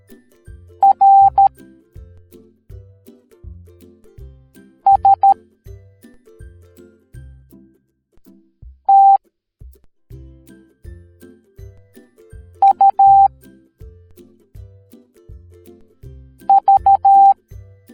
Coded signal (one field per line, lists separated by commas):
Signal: Morse code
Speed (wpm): 13 wpm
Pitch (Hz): 790 Hz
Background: music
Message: R S T U V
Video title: Arctic Fox Teaching the Morse Code Alphabet Educational Video for Kids